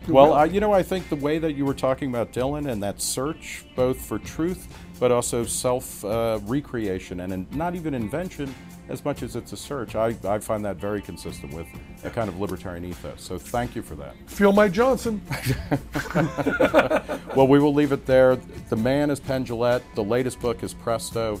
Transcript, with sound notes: Well, you know, I think the way you were talking about Dylan and the search for both truth but also self-recreation and—not even invention as much as it is a search—and I find that very consistent with the kind of libertarian ethos, so thank you for that.
Feel my Johnson.
*laughs* Well, we will leave it there. The man is Penn Jillette. The latest book is Presto!